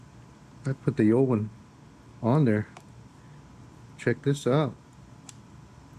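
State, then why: Seated. On a John Deere S1400 string trimmer with the original part refitted, the throttle lock on the handle is operated while someone talks. A sharp plastic click sounds at 5.3 s as the throttle lock snaps into place and holds.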